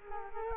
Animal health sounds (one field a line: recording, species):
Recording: mosquito wingbeat signal from an infrared sensor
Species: Culex quinquefasciatus